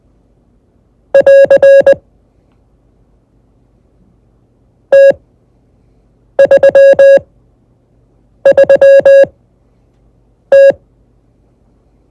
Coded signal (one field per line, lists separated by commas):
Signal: Morse code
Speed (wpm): 20 wpm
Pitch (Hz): 550 Hz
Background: none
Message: <AR> T33T